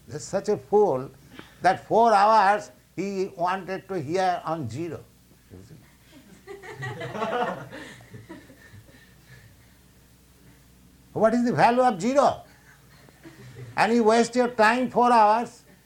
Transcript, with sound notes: They're such a fool that four hours he wanted to hear on zero. You see? [laughter] What is the value of zero? And you waste your time, four hours?